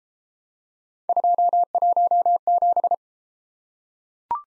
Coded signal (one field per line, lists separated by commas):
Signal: Morse code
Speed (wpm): 28 wpm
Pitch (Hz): 700 Hz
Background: none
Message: 217